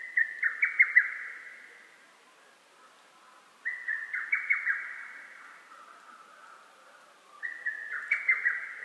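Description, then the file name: Lesser cuckoo delivering choppy whistled phrases that stutter then slide slightly lower, three phrases roughly three and a half seconds apart. Recorded 12 June 2010. "hototogisu 20100612"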